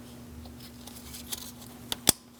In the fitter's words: Make sure you hear that click.